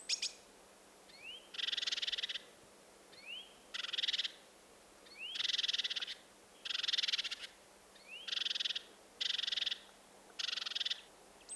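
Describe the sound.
Bird chirping: several bursts of dense buzzy twittering, each under a second long, some led by a rising whistle, over a steady background hiss.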